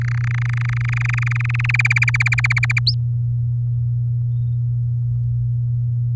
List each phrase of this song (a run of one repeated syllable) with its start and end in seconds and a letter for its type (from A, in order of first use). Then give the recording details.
0.01-1.71 A, 1.74-2.79 B, 2.87-2.94 C. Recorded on 8 May 2018 at 14:29. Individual llb16